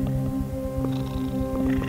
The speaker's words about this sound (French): Bon, donc ça, c'est du ronronnement de chat qu'on entend derrière. Adorable.